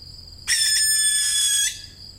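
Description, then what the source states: Barn owl call, a loud raspy hiss held for about a second, over a constant shrill hum of insects. Young birds.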